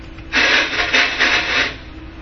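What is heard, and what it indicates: Rasping, noise-like bursts follow the rhythm of a short spoken phrase without intelligible words: speech simulated through a single-channel cochlear implant, a very degraded signal that is still useful to a totally deaf listener who can lip read and has contextual information.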